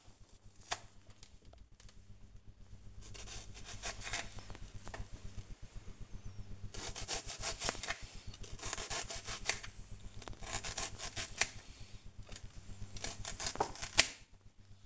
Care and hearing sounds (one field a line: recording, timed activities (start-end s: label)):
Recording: household activities, microphone on the right wrist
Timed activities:
0.00-14.86 s: cutting vegetables